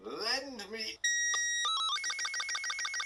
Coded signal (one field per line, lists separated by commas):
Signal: SSTV (slow-scan television)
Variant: Robot 36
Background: speech